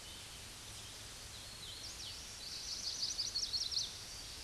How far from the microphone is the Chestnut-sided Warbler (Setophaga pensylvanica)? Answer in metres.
about 35 m